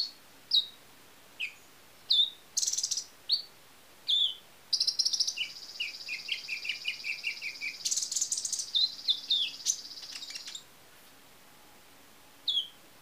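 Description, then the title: Small bird giving high, separate chirps, then a long rapid buzzy trill with quick falling notes, ending in a few scattered chirps; quiet background. "Burung Kecil"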